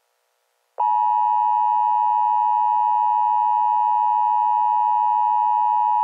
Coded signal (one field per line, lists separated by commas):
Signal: Emergency Alert System (SAME) tones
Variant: 853 and 960 Hz attention tone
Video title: How To Create a EAS Alert in Vegas Pro 15 Part 1